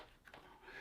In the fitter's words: and I sunk that weapon in there and it locked into place so